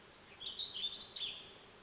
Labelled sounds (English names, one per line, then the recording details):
Warbling Vireo
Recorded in Sonoma County, California